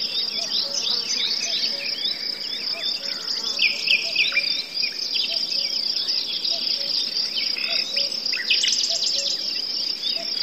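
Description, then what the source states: Crickets and forest birds: crickets keep up a steady shrill trill while birds chirp and warble, and faint low hoots recur throughout. Forest soundscape with birds, cuckoos and crickets.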